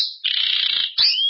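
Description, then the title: Belgian canary song fragment, a sustained high trilled phrase, briefly breaking off, then resuming with a clear whistled note. "Canario Belga"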